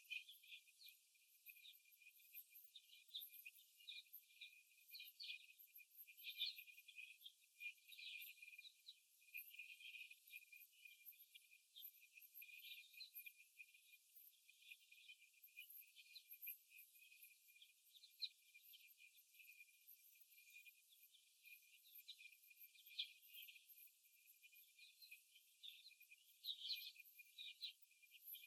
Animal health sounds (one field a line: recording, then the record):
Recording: young laying hens in a cage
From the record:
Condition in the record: after the stressor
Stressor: simulated dog barking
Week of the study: 1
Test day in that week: 2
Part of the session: 3